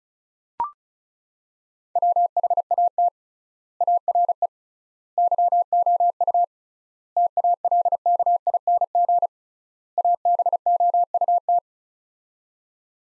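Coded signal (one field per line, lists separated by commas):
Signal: Morse code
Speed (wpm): 36 wpm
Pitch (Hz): 700 Hz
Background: none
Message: WHAT ARE YOU TALKING ABOUT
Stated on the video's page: Morse practice of five-word sets at 35wpm with 3x word spacing, a Farnsworth-like method, each set sent in Morse before being spoken.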